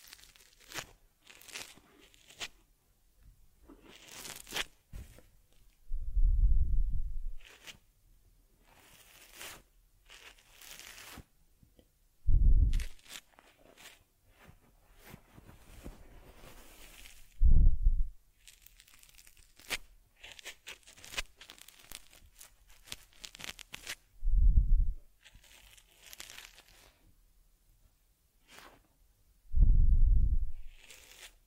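A teddy bear's head is massaged, cleansed, combed and its ears cleaned, heard as soft brushing, scratching and rubbing against fur. Quick crisp strokes come in clusters, broken every five or six seconds by a louder, deeper swipe or bump.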